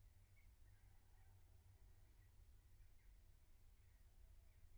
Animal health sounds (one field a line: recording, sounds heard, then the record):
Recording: poultry house recording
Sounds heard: no chicken sound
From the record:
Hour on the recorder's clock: 15